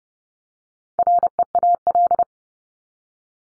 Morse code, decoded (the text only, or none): REAL